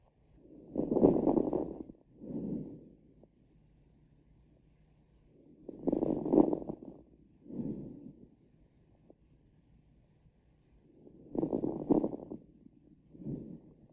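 Lungs by stethoscope: fine crackles, short, explosive, non-musical sounds heard over three breaths, as found in fibrosis, pneumonia and heart failure.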